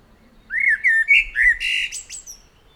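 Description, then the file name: Common blackbird phrase of mellow, rising whistles running into a harsh, high chattering flourish. "Turdus merula"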